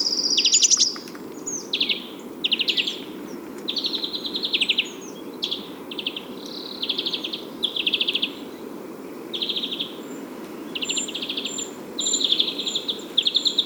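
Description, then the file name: European greenfinch uttering a string of dry, rattling trilled bursts, each under a second, separated by brief pauses over a constant low rumble. "Chloris chloris"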